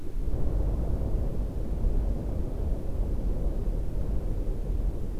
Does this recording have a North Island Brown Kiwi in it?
no